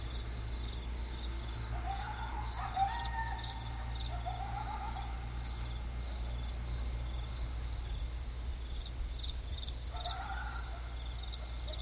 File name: coyotes